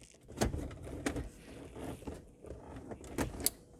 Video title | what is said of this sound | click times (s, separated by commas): How to Install AUX in Your Range Rover P38 YOURSELF | and make sure it locks in place and then we'll put the front back on and see if it | 3.5 s